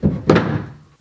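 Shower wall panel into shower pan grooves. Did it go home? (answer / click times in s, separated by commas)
yes / 0.3 s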